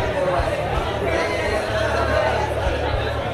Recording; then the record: background sound without coughing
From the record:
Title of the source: CITY SOUNDS Busy Bar in the Evening Night - 2 HOURS of Ambiance for Relaxation